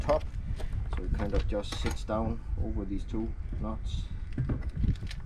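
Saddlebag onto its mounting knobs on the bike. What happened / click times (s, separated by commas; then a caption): The case is being set onto its mounts but has not clicked home yet / none. Someone talks while a saddlebag on a Can-Am Ryker is lowered so it sits down over two mounting knobs on the bike, with a few brief knocks of handling. Nothing has seated or clicked into place yet.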